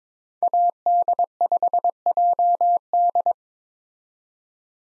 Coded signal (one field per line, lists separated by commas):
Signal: Morse code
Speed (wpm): 22 wpm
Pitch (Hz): 700 Hz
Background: none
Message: AD5JD